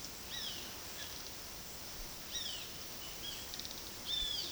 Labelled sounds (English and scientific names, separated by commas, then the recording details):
Great Kiskadee (Pitangus sulphuratus)
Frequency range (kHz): Great Kiskadee (Pitangus sulphuratus) 0.9-9.7 kHz
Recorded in pastures near Puerto Asís, Putumayo, Colombia, on 21 February 2024 at 13:30
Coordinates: 0.468, -76.328
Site G6414